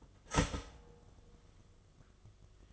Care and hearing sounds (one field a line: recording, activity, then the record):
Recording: daily activity, microphone in the room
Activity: start toaster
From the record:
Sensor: 4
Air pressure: 1015.5 hPa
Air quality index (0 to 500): 196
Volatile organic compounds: 9 ppm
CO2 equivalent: 2184 ppm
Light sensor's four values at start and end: 5/10/4/3 and 4/9/3/3